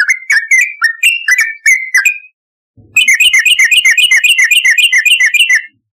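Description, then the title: Yellow-vented bulbul song with a few looping whistled phrases, a faint thud, then a fast, even string of bubbling notes. "Trucukan"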